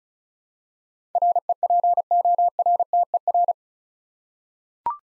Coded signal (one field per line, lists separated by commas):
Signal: Morse code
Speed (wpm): 36 wpm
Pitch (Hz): 700 Hz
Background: none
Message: REPORTER